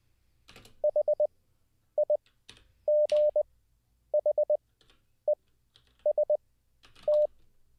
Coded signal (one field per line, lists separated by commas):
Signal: Morse code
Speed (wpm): 20 wpm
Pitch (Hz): 600 Hz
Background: none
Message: HIGHEST